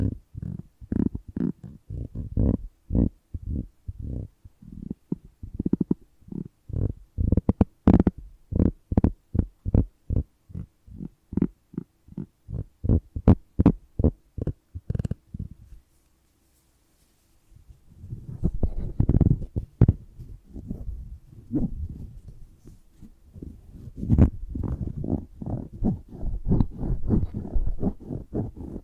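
Sensitive triggers without talking: fast, regular thumping taps, about two or three a second, deep and muffled with occasional sharper clicks, run for the first fifteen seconds. After a brief near-silent pause, a denser, uneven scratching and rubbing sound fills the rest.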